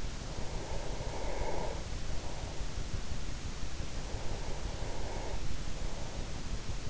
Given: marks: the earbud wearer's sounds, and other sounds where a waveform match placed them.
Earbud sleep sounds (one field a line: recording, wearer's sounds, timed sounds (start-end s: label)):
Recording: sounds in sleep by an in-ear microphone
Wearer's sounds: breath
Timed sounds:
0.16-2.82 s: breath
4.01-6.33 s: breath